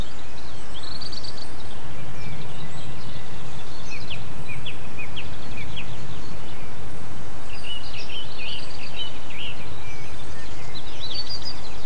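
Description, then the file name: Birds singing, several high chirps and short twittering phrases scattered throughout, over a constant low rumbling background noise. Excerpt recorded 8 April 2007 with an MZ-N710 recorder. "MZ-N 710 Chants d oiseaux 8 04 07 extrait"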